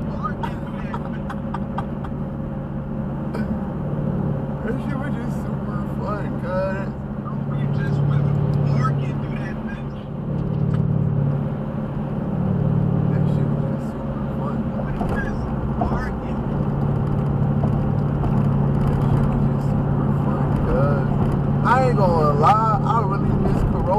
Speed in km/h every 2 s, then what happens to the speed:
114, 111, 108, 108, 106, 106, 111, 108, 106, 109, 111, 113.
0-7 slows to 106. 7-24 steady at about 108.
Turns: none.